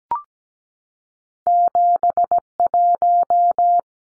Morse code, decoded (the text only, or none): 71